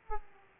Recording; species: mosquito wingbeat signal from an infrared sensor; Aedes aegypti